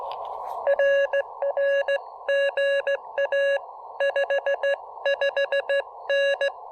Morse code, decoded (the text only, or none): RR GA 55N